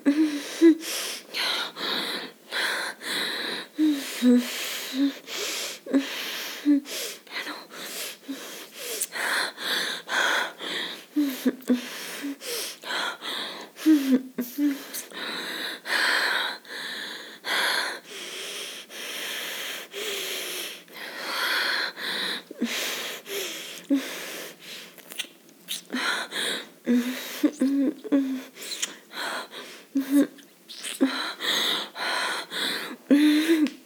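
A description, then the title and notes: A woman moans and gasps in quick, breathy bursts with short pauses, her voice rising and falling unevenly throughout, no low sounds beneath. Moans of a Lady getting Orgasm (Climax).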